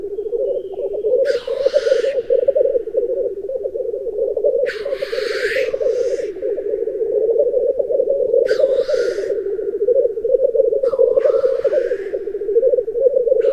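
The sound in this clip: Black grouse giving a steady, low bubbling coo throughout, broken every three to four seconds by a harsh, breathy hissing sneeze.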